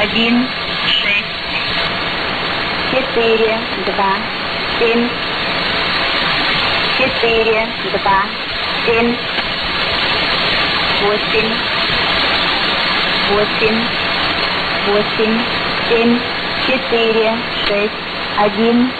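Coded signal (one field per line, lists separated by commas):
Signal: numbers station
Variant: S06s, Russian female voice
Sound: a woman reads Russian digits slowly, evenly spaced, over steady radio hiss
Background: radio static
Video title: 03 08 2018 S06s Russian Lady numbers station in Russian to Eu 0941 on 9655 unknown tx site USB+AM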